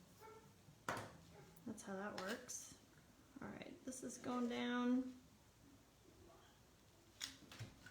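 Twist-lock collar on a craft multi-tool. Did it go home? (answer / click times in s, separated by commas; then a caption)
yes / 0.9 s. Someone twists the twist-lock collar on a handheld craft multi-tool until it locks into place, and a single sharp click is heard at 0.9 seconds. Someone talks before and after the click, and a few small clicks and taps follow near the end.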